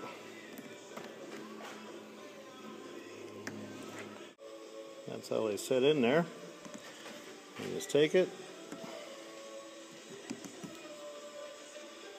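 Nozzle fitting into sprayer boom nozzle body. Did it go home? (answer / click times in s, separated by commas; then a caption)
yes / 10.3 s. A sprayer nozzle fitting is pushed onto its nozzle body on an ATV sprayer boom while someone talks over a steady background hum. At 10.3 s a short, sharp click is heard as the fitting seats, and it is sealed in place.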